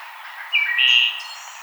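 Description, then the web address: Wood thrush song, one rich fluted phrase with a higher, thin ending. Recorded 5 May 2007. "Wood Thrush 2007 05 05"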